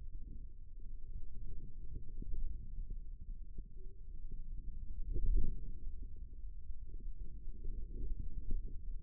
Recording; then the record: forearm muscle sounds (acoustic myography)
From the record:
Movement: radial deviation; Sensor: system 2, bracelet of six BSWA MPA416 microphones around the upper forearm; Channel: 4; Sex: female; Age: 25 years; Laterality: right